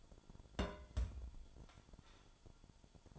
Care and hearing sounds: daily activity, microphone in the room; place on stove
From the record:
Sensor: 5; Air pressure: 1008.1 hPa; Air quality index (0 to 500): 110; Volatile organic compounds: 1 ppm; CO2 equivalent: 852 ppm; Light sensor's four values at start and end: 28/59/25/25 and 29/62/26/26

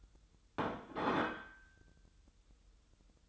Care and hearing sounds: daily activity, microphone in the room; place plate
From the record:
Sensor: 3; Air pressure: 988.6 hPa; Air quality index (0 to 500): 198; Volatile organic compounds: 343 ppm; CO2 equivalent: 4570 ppm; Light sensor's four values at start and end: 22/71/30/25 and 22/71/30/25

